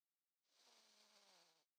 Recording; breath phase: one breath near a microphone; inhalation